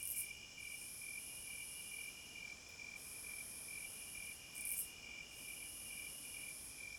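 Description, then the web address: Cricket chorus: steady high trilling with a pulsed chirp band repeating about twice a second, plus higher shrill insect trills that swell and fade in long sections. Crickets at midnight. "Sleep Sounds of Nature CRICKETS Midnight Serenade"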